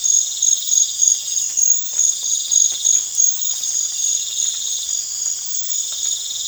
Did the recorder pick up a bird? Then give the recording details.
no. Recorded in pastures near Puerto Asís, Putumayo, Colombia, on 25 June 2025 at 03:00. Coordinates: 0.502, -76.324. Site G010